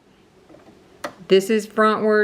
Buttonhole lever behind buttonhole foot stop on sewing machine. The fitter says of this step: See, it locks into place.